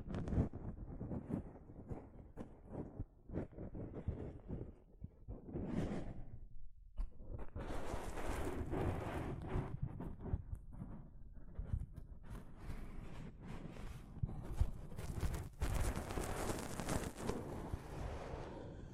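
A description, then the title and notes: Soft fabric brushes and rubs against a microphone in continuous, uneven strokes, producing a rumbling, rustling texture with low thuds. The first five seconds are duller and muffled, with a brief swelling swipe near six seconds; after that the scraping turns brighter and denser. ASMR Mic Brushing using Soft Fabric (No Talking).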